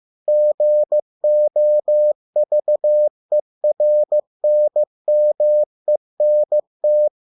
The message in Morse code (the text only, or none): GOVERNMENT